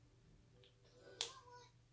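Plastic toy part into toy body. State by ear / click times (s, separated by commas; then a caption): seated / 1.2 s. A plastic toy part is pressed into the toy body while toys are being opened and assembled, and it snaps into place with one sharp, bright click at 1.2 s. A faint tick comes earlier, at about 0.6 s. The part is seated, and the click confirms the assembly is done.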